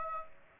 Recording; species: mosquito wingbeat signal from an infrared sensor; Aedes aegypti